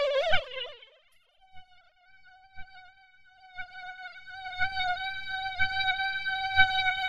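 Mosquito buzzing: a brief louder burst at the start, then a faint thin whine that grows steadily stronger and more even toward the end.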